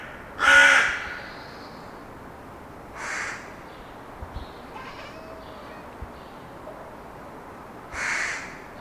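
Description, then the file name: Carrion crow giving three harsh, rasping caws, the first loudest, then one after about three seconds and another near the end, over steady background hiss. "Corvus corone"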